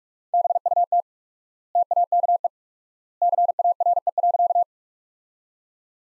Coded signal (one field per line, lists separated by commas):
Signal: Morse code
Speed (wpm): 47 wpm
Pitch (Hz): 700 Hz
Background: none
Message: BUT TAKE CARE.